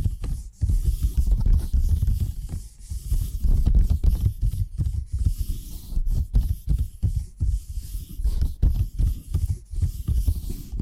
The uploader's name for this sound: Addictive Tapping Triggers